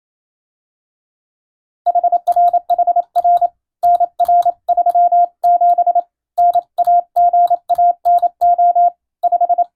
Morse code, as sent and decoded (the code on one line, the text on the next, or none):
.... .-. .... .-. / -. .-. ...-- --... / -. .- --. .- -. --- / .....
HRHR NR37 NAGANO 5